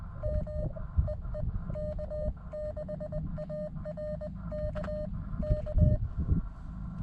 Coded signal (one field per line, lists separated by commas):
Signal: Morse code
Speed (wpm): 20 wpm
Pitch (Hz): 610 Hz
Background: none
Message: M EE K6ARK K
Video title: Bushwhack SOTA: It doesn't have to be fun to be fun